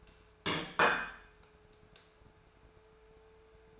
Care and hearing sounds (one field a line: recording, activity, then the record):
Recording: daily activity, microphone in the room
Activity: place plate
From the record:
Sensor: 2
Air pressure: 1014.9 hPa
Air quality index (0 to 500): 203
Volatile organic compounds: 20 ppm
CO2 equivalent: 2683 ppm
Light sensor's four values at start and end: 10/24/10/10 and 10/23/9/10